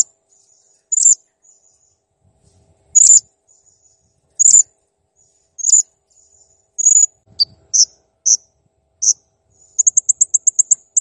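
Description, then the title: Blue-crowned hanging parrot giving spaced high squeaky notes, then a rapid run of quick ticking notes at the end. Master recording used for training cage birds, described as clear and chatty (gacor). "Masteran Burung Serindit Ll Masteran Serindit Gacor Jernih"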